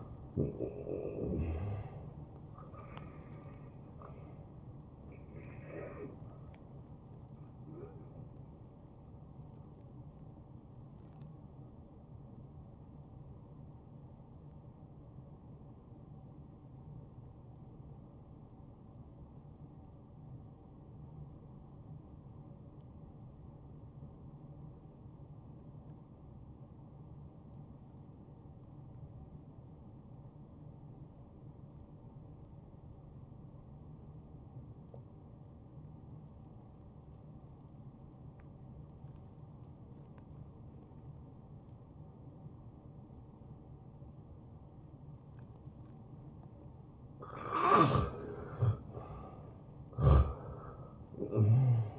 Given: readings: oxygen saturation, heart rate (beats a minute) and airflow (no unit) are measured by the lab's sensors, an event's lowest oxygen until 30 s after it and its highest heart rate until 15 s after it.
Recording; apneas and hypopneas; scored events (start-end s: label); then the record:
breathing in sleep by a smartphone at the bedside; 1
9.00-46.60 s: hypopnea (N1, oxygen 95% highest, then 83% lowest, heart rate 74 at the start, 76 highest)
From the record:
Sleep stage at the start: N1 (lightest sleep); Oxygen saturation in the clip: 86 to 95%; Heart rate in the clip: 58 to 75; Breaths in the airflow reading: 10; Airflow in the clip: -15.9 to 8.9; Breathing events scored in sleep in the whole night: 263 in 5.5 hours asleep